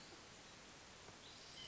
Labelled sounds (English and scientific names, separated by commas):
White-breasted Nuthatch (Sitta carolinensis)